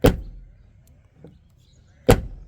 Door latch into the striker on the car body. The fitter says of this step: not latching it's